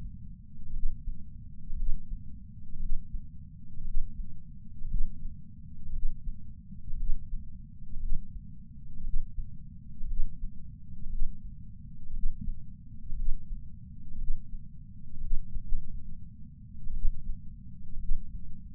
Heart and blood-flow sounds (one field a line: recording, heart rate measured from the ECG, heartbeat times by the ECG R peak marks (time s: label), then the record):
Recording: heart sounds by patch sensor on the chest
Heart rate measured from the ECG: 59 bpm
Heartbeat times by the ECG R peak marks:
0.71 s: heartbeat
1.74 s: heartbeat
2.78 s: heartbeat
3.83 s: heartbeat
4.86 s: heartbeat
5.91 s: heartbeat
6.95 s: heartbeat
7.98 s: heartbeat
9.02 s: heartbeat
10.05 s: heartbeat
11.07 s: heartbeat
12.11 s: heartbeat
13.14 s: heartbeat
14.16 s: heartbeat
15.19 s: heartbeat
15.66 s: heartbeat
16.92 s: heartbeat
17.97 s: heartbeat
From the record:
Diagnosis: coronary artery disease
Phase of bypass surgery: preoperative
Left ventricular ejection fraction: 61.1%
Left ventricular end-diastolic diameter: 60 mm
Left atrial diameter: 40 mm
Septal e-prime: 7.9 cm/s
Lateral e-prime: 9.6 cm/s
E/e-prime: 7.5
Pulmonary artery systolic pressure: 34 mmHg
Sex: male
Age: 65 years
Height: 168 cm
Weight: 73 kg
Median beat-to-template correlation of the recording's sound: 0.92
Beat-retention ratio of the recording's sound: 1.00